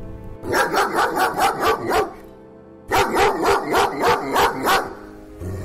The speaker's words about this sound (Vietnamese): Vừa ra tới đầu đường, tôi bị một con chó sủa tới tấp và lao ra cấu xé. Chủ nó chạy vội lại ghì nó và suýt xoa.